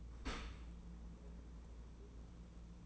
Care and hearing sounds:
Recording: daily activity, microphone in the room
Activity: open dishwasher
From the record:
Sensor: 1

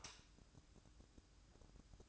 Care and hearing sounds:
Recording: daily activity, microphone in the room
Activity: light off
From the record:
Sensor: 2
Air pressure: 1007.6 hPa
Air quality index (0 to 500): 77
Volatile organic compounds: 1 ppm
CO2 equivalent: 640 ppm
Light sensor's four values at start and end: 14/39/16/16 and 9/21/9/9

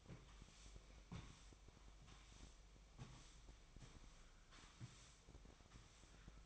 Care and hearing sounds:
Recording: daily activity, microphone in the room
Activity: sweep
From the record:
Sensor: 1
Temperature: 24.7 degrees Celsius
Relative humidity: 39.7%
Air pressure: 1001.6 hPa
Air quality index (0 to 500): 220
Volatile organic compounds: 29 ppm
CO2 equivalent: 2933 ppm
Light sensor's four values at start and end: 8/29/10/11 and 8/30/10/12

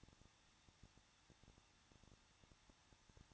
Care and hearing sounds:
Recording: daily activity, microphone in the room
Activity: no activity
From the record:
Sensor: 3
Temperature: 21.2 degrees Celsius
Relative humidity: 36.3%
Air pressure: 1006.4 hPa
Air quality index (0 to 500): 221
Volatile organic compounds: 40 ppm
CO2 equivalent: 3147 ppm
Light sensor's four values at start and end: 2/3/2/2 and 2/3/2/2

